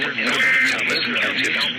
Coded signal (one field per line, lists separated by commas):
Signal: Emergency Alert System (SAME) tones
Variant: end-of-message bursts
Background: speech